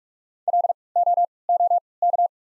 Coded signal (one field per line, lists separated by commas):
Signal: Morse code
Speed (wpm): 46 wpm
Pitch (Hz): 700 Hz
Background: none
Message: L O O K